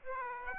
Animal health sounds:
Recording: mosquito wingbeat signal from an infrared sensor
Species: Aedes aegypti

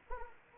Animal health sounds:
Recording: mosquito wingbeat signal from an infrared sensor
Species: Anopheles arabiensis

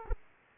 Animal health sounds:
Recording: mosquito wingbeat signal from an infrared sensor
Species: Aedes aegypti

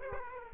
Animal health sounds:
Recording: mosquito wingbeat signal from an infrared sensor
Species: Aedes aegypti

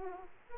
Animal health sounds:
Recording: mosquito wingbeat signal from an infrared sensor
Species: Aedes aegypti

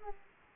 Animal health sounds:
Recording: mosquito wingbeat signal from an infrared sensor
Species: Aedes aegypti

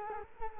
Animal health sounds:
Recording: mosquito wingbeat signal from an infrared sensor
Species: Culex quinquefasciatus

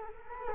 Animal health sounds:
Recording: mosquito wingbeat signal from an infrared sensor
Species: Culex quinquefasciatus

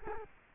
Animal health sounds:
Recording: mosquito wingbeat signal from an infrared sensor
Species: Culex quinquefasciatus

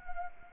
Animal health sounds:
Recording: mosquito wingbeat signal from an infrared sensor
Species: Anopheles arabiensis

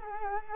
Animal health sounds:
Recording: mosquito wingbeat signal from an infrared sensor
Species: Culex quinquefasciatus

